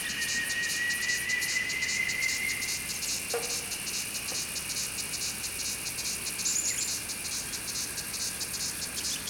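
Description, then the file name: Squeakers making high pulsed chirps in a continuous chorus, with a faint whistled glide early on and a brief sharp tonal note later. "Andrew Skeoch - Montane and Black Squeakers"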